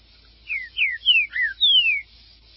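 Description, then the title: Green-winged saltator song: five clear, downslurred whistles in quick succession, the last one the longest. "Trinca Ferro"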